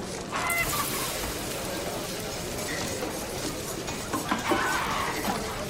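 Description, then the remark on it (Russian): In a kitchen, a chicken squawks and clucks in short, rough bursts as its head is chopped off, over a steady bed of busy kitchen noise, with a louder flurry of calls near the end. “На кухне курица отрубает голову.”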